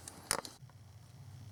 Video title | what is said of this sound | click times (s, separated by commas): 2002 Pontiac Grand Prix PO719 Easy Fix | Now with the aftermarket, you really got to push that in to get it to lock. | 0.3 s